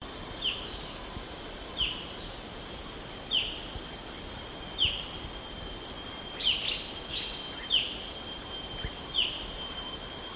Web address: PJGNGLUMUT. black-headed bulbul